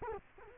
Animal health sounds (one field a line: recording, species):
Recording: mosquito wingbeat signal from an infrared sensor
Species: Culex quinquefasciatus